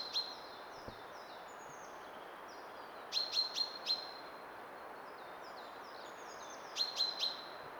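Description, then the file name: Common chaffinch calling: a single short bright note, then one burst of four and one of three, with faint thin descending notes and steady background hiss. "Fringilla coelebs"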